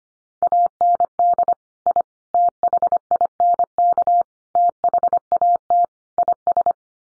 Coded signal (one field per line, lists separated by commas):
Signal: Morse code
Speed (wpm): 25 wpm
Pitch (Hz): 700 Hz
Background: none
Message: AND I THINK THAT IS